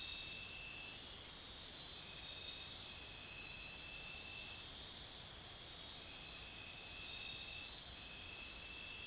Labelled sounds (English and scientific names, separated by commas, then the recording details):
none
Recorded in secondary vegetation near Puerto Asís, Putumayo, Colombia, on 23 June 2025 at 01:00
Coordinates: 0.498, -76.327
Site GP09